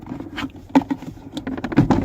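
On a 2018 Toyota Highlander, both plastic side stops of the glove box are squeezed inward at the same time with two hands so they clear the dash opening and the glove box drops down for cabin filter access. A sharp plastic click is heard at 0.8 s, followed by a few softer ticks and knocks toward the end. The glove box side stops pop free and the glove box is released.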